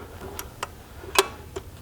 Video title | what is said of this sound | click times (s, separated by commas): Drivelines - Land Pride Service | and hear it lock make sure you pull on it to make sure it's locked in and | 1.2 s